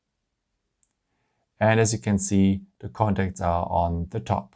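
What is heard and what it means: A nano SIM card, placed contacts-up with its missing corner matched to the tray's corner, is pressed into the plastic SIM tray of a Samsung Galaxy S21 (Plus/Ultra) smartphone. A single short, sharp click sounds at 0.8 s as the card seats in the tray. From about 1.6 s, someone talks.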